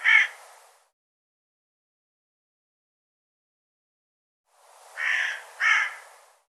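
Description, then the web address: Bird caw, then a long silence before two more rough caws in quick succession. "cianscape birddata Deverinetal 2025 File cleaned normalized Bird"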